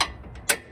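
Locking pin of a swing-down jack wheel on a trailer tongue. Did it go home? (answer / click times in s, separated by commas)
yes / 0.0 s, 0.5 s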